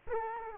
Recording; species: mosquito wingbeat signal from an infrared sensor; Culex quinquefasciatus